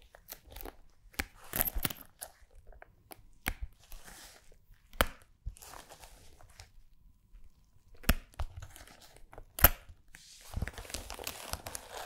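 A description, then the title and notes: Dry brushing and scratching against fabric, with irregular crisp taps and rustles, denser near the end. ASMR Body Brushing Fabric Sounds ( Massage, Tapping, Scratching ).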